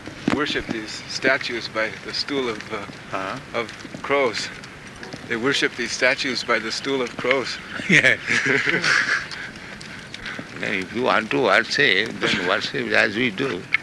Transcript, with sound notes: ...worship these statues by the stool of crows. They worship these statues by the stool of crows.
[chuckles] Yes. No, if you want to worship, then worship as we do.